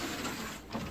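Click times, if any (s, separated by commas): none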